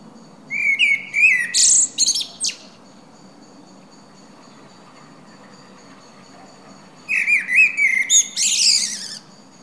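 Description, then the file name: Common blackbird song in two bursts about six seconds apart, each a low mellow warble capped by scratchy high twittering. "Turdus merula"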